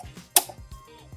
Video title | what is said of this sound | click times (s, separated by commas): 2001 Audi a4 Quattro tune-up and oil change | you hear that click that means it went back | 0.4 s